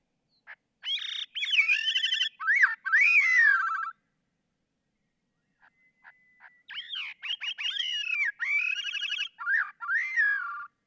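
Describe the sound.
Gray-cheeked Thrush song in two bursts with a pause between, each a run of buzzy, nasal whistles climbing and falling before a sliding downward finish.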